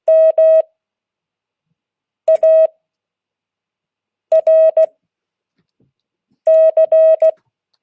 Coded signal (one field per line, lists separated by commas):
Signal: Morse code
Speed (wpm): 16 wpm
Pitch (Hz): 630 Hz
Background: none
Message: MARC